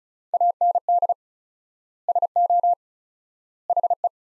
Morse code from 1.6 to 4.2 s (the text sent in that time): SO HE